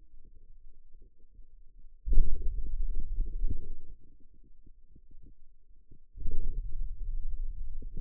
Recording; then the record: forearm muscle sounds (acoustic myography)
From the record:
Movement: hand opening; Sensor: system 2, bracelet of six BSWA MPA416 microphones around the upper forearm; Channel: 6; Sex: male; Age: 22 years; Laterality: right